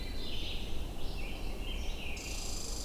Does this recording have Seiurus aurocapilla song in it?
no